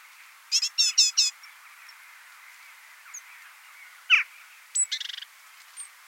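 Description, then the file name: Great tit: one loud rasping burst of four notes, a sharp slurred chip, then a quicker softer rattle of notes. "Parus major"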